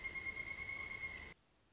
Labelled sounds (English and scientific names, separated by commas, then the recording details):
Pileated Woodpecker (Dryocopus pileatus)
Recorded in Sonoma County, California